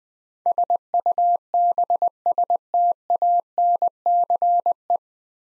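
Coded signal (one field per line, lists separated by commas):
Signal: Morse code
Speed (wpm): 20 wpm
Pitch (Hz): 700 Hz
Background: none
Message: SUBSTANCE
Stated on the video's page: Morse code practice building nine-letter words three letters at a time at 20 wpm, for beginners working on instant character recognition.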